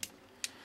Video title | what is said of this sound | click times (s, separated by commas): Video Review of the Transformers Generations: Blitzwing | will sort of click in a place and you sort of could hear it | 0.0 s, 0.4 s